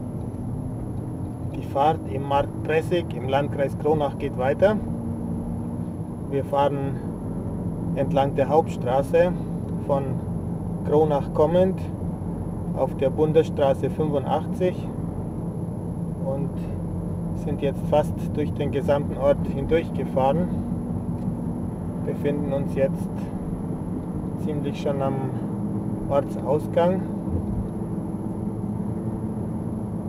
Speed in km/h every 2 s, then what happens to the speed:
32, 34, 36, 37, 38, 38, 37, 38, 39, 40, 42, 44, 45, 47, 46.
0-30 speeds up to 46.